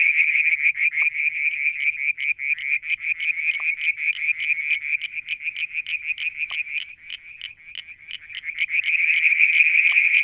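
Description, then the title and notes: Frogs calling in a fast, continuous pulsed trill at high pitch, with a few short sharp clicks scattered through it. Evening near a water tank at Mount Wilson, New South Wales, Australia, July 2022. "Frog song, Mount Wilson, New South Wales, Australia in July 2022. Limnodynastes Peronii, Litoria Verreauxii and a mystery frog one evening near the water tank"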